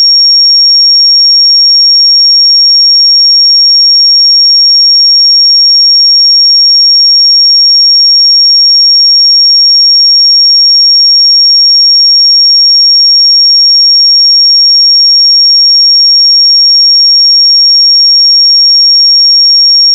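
A pure sine tone at 5554 Hz holds perfectly steady for the full twenty seconds, thin and piercingly bright. Its loudness never wavers, and there is nothing else: no background noise, no breaks, no other sounds.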